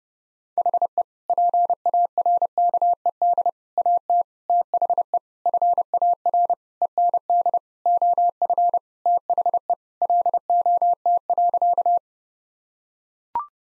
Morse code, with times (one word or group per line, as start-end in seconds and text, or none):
0.6-1.0 HE
1.3-3.5 PARKED
3.8-4.2 AT
4.5-5.2 THE
5.5-6.5 FAR
6.8-7.6 END
7.9-8.8 OF
9.1-9.7 THE
10.0-12.0 LOT.